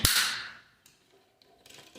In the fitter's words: you're gonna bring these in snap